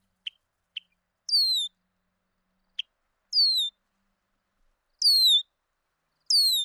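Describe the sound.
Bird calls: a few sharp ticks and four high, descending whistled notes with overtones, spaced over several seconds; quiet background.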